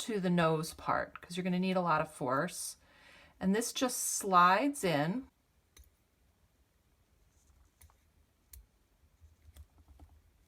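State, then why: Not seated. A metal scalpel blade is being slid onto the nose of a scalpel handle with force, after someone talks for the first five seconds or so. The rest is quiet apart from a few faint, brief ticks of handling, and the blade has not clicked into place yet.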